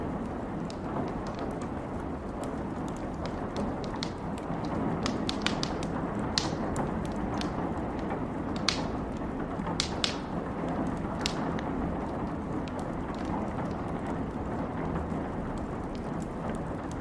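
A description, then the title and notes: A fireplace crackles steadily over a low, constant roar, with sharp pops scattered irregularly throughout, clustering more densely around the middle. Rain & Thunderstorm Sounds ¦ Crackling Fireplace.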